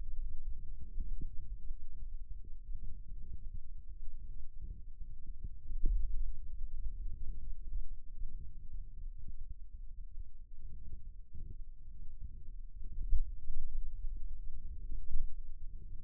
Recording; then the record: forearm muscle sounds (acoustic myography)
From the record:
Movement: pen grasping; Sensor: system 2, bracelet of six BSWA MPA416 microphones around the upper forearm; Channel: 2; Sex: male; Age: 22 years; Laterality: right